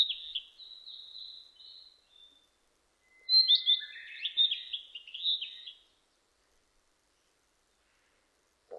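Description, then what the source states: Narcissus flycatcher song: a run of high, slurred chirping notes, then a louder, richer burst of warbled and whistled phrases, followed by quiet and a brief click at the end. Recorded 25 April 2006; Japanese name kibitaki.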